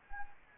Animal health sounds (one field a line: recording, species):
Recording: mosquito wingbeat signal from an infrared sensor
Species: Anopheles arabiensis